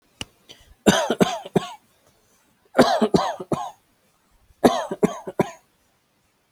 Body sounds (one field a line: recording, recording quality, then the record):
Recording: shallow voluntary cough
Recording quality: excellent, no background noise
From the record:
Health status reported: healthy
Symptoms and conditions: none ticked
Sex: male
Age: 35 years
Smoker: not ticked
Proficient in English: yes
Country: India